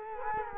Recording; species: mosquito wingbeat signal from an infrared sensor; Culex quinquefasciatus